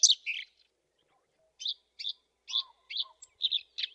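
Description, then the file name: Black-browed reed warbler giving scattered harsh, scratchy song phrases separated by short silences, with soft lower whistled notes in between. "suara kerakbasi alis hitam masteran"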